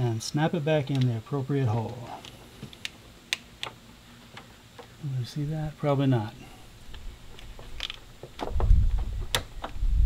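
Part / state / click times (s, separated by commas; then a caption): transmission cooler hose into radiator fitting / seated / 9.4 s. On a Volvo XC70, a transmission cooler hose with lubricated o-rings is pushed back into its fitting at the radiator while someone talks. Several sharp ticks and handling noises follow, and the quick connector snaps in with a click at 9.4 s, seating the hose.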